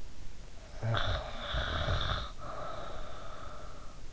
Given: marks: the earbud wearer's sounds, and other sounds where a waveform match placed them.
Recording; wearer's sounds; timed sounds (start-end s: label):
sounds in sleep by an in-ear microphone; snoring breath
0.71-4.07 s: snoring breath